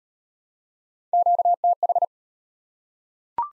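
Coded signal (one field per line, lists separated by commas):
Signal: Morse code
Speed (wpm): 31 wpm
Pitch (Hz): 700 Hz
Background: none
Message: QTH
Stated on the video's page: Morse practice of the top 20 QSO elements, starting fast and slowing to a 25 wpm base; fastest speed 1.5 times base, final repeat at maximum speed.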